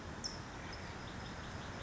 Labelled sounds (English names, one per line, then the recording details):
California Towhee
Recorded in Sonoma County, California